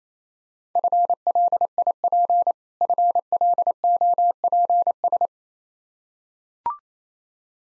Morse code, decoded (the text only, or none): FLIP FLOPS